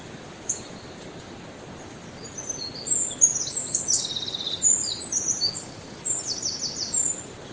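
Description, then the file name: Eurasian wren producing fast, high-pitched tumbling notes, a single note early, then a dense run from about two and a half seconds onward, over faint background noise. "Troglodytes troglodytes"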